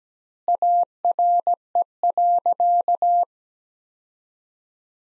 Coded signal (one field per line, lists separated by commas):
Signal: Morse code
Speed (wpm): 17 wpm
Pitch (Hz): 700 Hz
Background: none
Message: ARE.